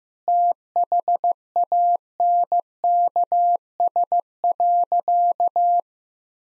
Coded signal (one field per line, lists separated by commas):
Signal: Morse code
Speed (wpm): 15 wpm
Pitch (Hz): 700 Hz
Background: none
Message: THANKS.